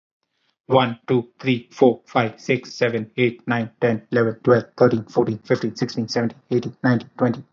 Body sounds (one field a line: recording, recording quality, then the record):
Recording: counting at a fast pace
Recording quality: excellent, no background noise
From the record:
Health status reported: healthy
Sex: male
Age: 30 years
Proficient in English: yes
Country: India